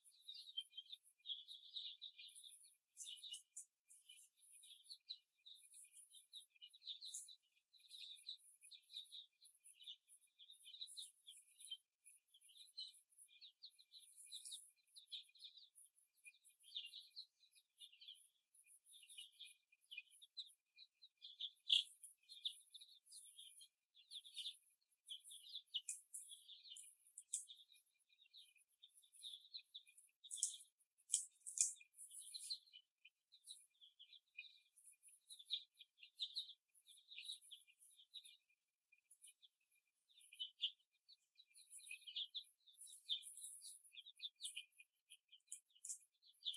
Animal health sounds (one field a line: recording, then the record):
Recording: young laying hens in a cage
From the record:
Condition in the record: after the stressor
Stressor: simulated dog barking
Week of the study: 1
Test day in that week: 2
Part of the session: 2